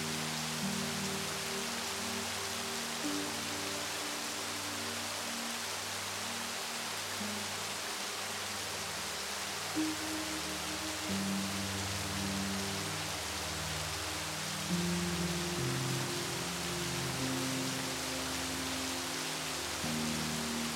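Gentle rain hisses steadily across the whole clip, an even, dense wash without individual drops standing out. Underneath, soft low sustained music tones shift slowly from chord to chord, with no sharp events and a constant loudness throughout.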